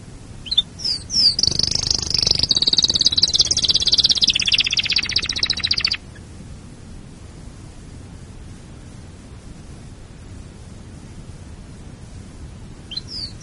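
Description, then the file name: Canary giving a dense high buzzy trill for several seconds, followed by near silence with faint low background noise and a brief final chirp. "canarysong omkicau"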